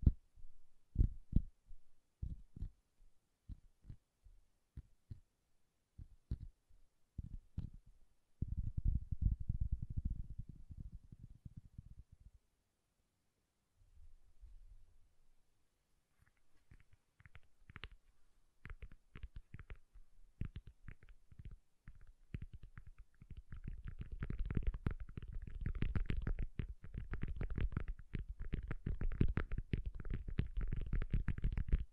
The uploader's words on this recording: ASMR Bassy and Soft Tapping Sounds. No Talking.